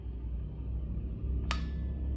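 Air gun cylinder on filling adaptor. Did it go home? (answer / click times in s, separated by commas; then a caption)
yes / 1.5 s. An air gun cylinder is turned counterclockwise on a filling adaptor over a low background rumble. A sharp click sounds at 1.5 s as the threads' grooves seat at the right angle, and the cylinder is seated.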